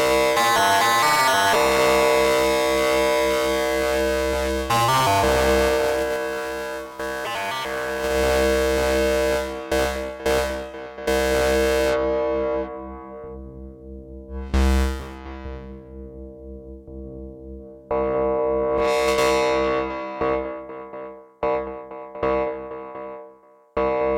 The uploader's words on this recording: SH - 7 Front Panel Exploration (not music). Just messing with front panel. Oscillators, filters, ring mod, sample & hold, etc.